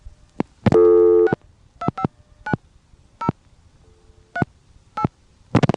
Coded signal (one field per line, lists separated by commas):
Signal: DTMF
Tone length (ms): 80 ms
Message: 6259038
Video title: ITT Pentaconta Crossbar Switch in Asheboro NC 4th pgm, Summer 1986